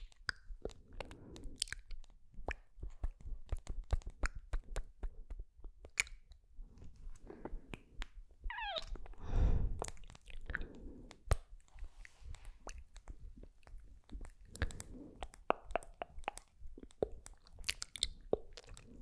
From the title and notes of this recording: MOUTH SOUNDS, LIPGLOSS APPLICATION (sksk, tktk, ticotico, zaczac) ASMR.